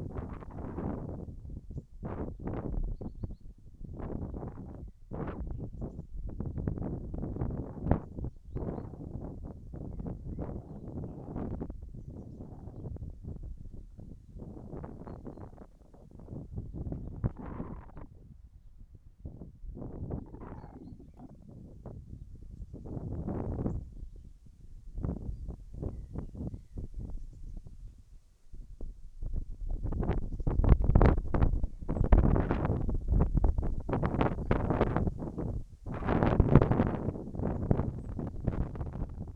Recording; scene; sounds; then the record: everyday scene through a hearing-aid microphone; wind on the microphone; wind, whistling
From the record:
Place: in front of a rural house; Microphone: behind the ear, left, front